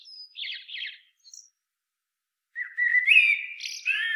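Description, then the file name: Common blackbird song: opens with scratchy high twittering, a pause, then a long low warbled phrase ending in a squeaky flourish. "Turdus merula"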